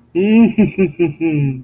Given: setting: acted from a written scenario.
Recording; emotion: vocal sound without words; ecstasy